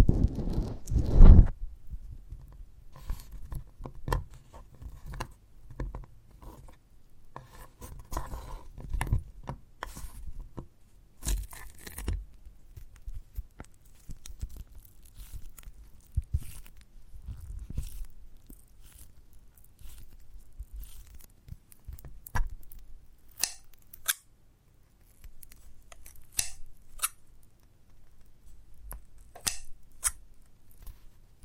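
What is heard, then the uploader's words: Sticky, squelching bites and chews on a giant gummy bear, with a loud thump right at the start. After that come irregular soft tearing and crackling sounds, sharp little clicks and smacks scattered every second or so, over a faint low rumble throughout. ASMR of a Giant Gummy Bear (No Talking).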